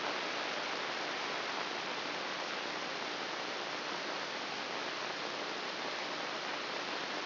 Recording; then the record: brain microelectrode recording played as sound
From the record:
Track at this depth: inside the subthalamic nucleus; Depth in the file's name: 4.908 mm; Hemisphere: left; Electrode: 3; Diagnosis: Parkinson's disease